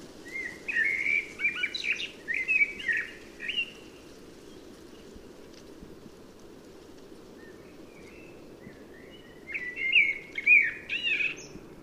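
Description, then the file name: Blackbird song in two bursts: a run of short fluty warbles, a quiet pause of several seconds, then more warbled notes with squeaky flourishes. "Turdus merula"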